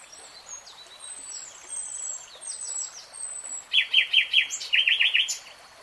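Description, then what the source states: Nightingale song: faint thin whistles and slurred notes, then a loud run of rapid, repeated chirping notes. Singing, heard in real time in a 3-hour recording.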